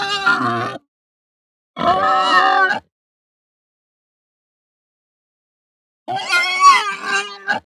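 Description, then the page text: Pig giving high, strained, harmonic grunts and squeals in three bursts, the first cut off at the start, separated by silence. Hampshire breed pig; grunts described as high and distressed. "Hampshire Pig Grunt High Distressed. Quick Sounds"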